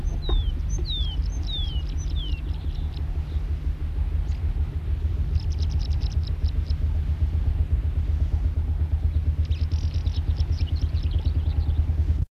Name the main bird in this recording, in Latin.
Erythropygia coryphoeus